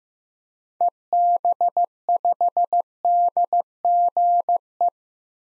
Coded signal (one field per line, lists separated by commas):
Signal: Morse code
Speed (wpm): 15 wpm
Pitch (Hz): 700 Hz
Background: none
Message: EB5DGE